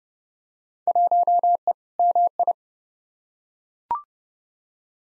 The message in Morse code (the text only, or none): 1E MI